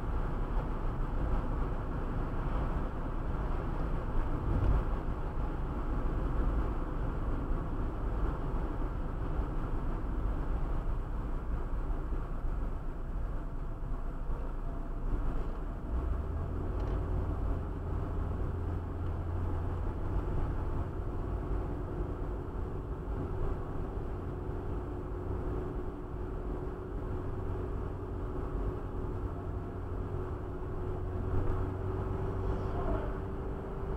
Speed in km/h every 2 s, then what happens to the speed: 88, 89, 86, 81, 75, 72, 68, 68, 66, 66, 68, 68, 69, 70, 70, 72, 75.
0-5 steady at about 88. 5-16 slows to 66. 16-29 steady at about 68.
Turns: none.